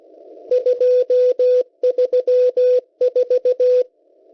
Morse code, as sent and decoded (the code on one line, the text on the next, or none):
..--- ...-- ....-
234